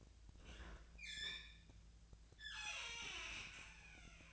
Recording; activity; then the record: daily activity, microphone in the room; open fridge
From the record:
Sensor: 2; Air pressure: 1009.5 hPa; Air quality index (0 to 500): 186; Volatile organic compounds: 11 ppm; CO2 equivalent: 2320 ppm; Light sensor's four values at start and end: 23/57/25/27 and 23/57/24/27